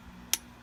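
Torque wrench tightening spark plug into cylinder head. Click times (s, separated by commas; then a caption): 0.3 s. A torque wrench tightens a new spark plug into a cylinder head and gives one short, sharp click at 0.3 seconds when it reaches the set torque. The click means the plug is good. Before and after it there is only a faint steady background hum.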